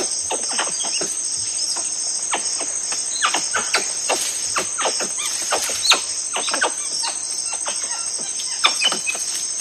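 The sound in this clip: Tufted capuchin giving rapid clicky chirps and brief squealing notes, scattered unevenly throughout, over a constant shrill buzz of insects.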